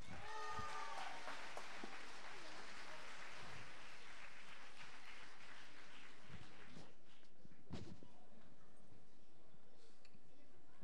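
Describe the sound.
An audience at a tribute concert evening breaks into steady, dense applause for a singer about to perform, many hands clapping together with a brief voice over the start, then the clapping thins out and fades away toward the end.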